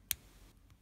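The second binding pin in the cylinder of a Brinks Model 161-50001 padlock sets under tension from the pick, giving a sharp, solid click at 0.1 s. A much fainter tick follows at 0.7 s. The pin is seated.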